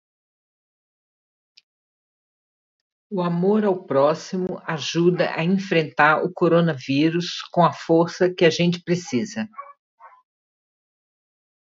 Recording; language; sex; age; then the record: spoken sentence; Brazilian Portuguese; female; 60 to 69 years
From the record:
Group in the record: control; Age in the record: 66 years